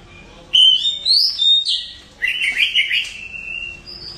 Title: Kacer. Burung